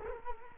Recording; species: mosquito wingbeat signal from an infrared sensor; Culex quinquefasciatus